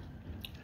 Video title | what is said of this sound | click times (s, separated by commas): Edoggz Reviews: Transformers Legacy United G1 Triple Changer Sandstorm | make sure that's locked in place | 0.4 s